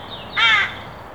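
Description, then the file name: Carrion crow: single harsh, rasping caw of a carrion crow, brief and grating, over faint background hiss. "Corvus corone"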